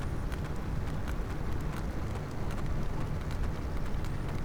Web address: Physeter Macrocephalus clean cachalot positif